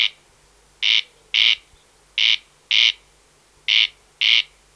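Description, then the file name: Corn crake calling: loud, scratchy double rasps in regular pairs, three pairs in a few seconds. "Wachtelkönig Crex crex - Gesang (Bergmann)"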